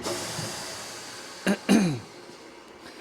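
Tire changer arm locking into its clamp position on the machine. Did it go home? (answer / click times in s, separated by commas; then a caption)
yes / 1.7 s. A technician steps on the pedal of a Hunter tire changer to lock its arm into its clamp position on the machine, keeping a hand on the arm. After a steady hiss and a brief burst near 1.5 seconds, a single sharp hit rings out at 1.7 seconds with a low tone that falls away. The arm is locked into place.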